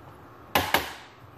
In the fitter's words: You're gonna hear some clicks whenever you're lifting, continue lifting.